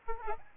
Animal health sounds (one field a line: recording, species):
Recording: mosquito wingbeat signal from an infrared sensor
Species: Aedes albopictus